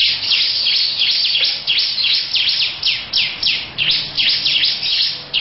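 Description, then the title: Lovebird song: steady rapid shrill chirps, about three a second. Long 'ngekek' song. "Audio Lovebird Ngekek Panjang Ciblek"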